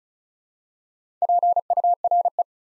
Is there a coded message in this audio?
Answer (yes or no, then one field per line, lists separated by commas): yes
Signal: Morse code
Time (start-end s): 1.2-2.4 s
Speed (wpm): 36 wpm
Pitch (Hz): 700 Hz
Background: none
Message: PURE